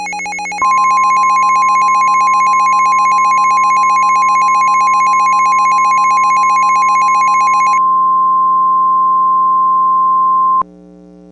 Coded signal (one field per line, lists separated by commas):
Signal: Emergency Alert System (SAME) tones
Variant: 1050 Hz attention tone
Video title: The Carolina Supercell (REMASTERED): EAS Scenario